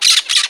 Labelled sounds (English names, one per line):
Brown-throated Parakeet contact call